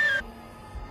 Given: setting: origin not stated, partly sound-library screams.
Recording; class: one-second piece from a danger detection set; woman in danger